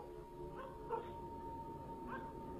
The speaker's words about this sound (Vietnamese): Ở bên ngoài kia, nhấm nhẳng có tiếng chó cắn ma vang lên trên con đường làng, hướng ra chỗ cổng làng.